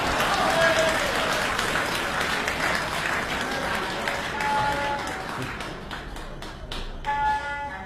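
An audience at a 2018 Beijing traditional opera and folk performance applauds steadily with dense, continuous clapping that thins toward the end into a few scattered, sharper claps, with faint whistles and cheers mixed in.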